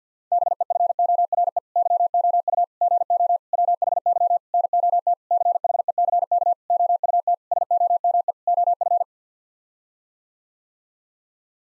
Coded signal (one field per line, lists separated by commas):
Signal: Morse code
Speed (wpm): 50 wpm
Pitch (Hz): 700 Hz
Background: none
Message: BEFORE YOU GO WHY NOT CHECK OUT SOME OF